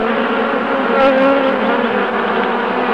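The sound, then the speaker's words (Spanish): A steady, dense insect buzz fills the whole stretch, the drone of flies humming continuously at a fairly loud level with slight wavering in pitch and no voices. “Estas moscas resuelven crímenes.”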